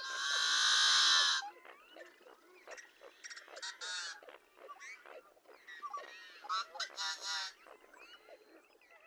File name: Yellow-headed Blackbird